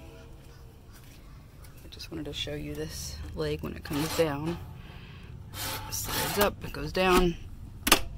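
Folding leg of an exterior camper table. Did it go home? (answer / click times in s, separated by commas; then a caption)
yes / 7.9 s. Someone talks while the folding leg of the optional exterior table on a Rustic Trail teardrop camper trailer (Kodiak Stealth Adventure Edition) is slid up and then down into its extended position. A single sharp metallic snap sounds at 7.9 s as the leg locks into place.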